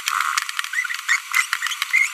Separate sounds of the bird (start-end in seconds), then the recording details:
1.09-1.18, 1.32-1.42, 1.94-2.06. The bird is a female. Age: 25 days. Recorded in a nest box in Venezuela. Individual 17B42B1